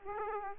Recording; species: mosquito wingbeat signal from an infrared sensor; Aedes aegypti